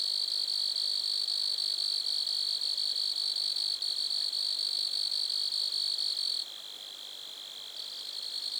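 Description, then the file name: Grasshopper: a bright, continuous buzz pulsing rapidly; toward the end it suddenly drops and thins, then partly returns. Lac-à-François, Montcerf-Lytton, Quebec, Canada. "criquets-grasshoppers- -lac-acc 80-franccca 7 ois-montcerf-lytton-quecc 81 bec-canada"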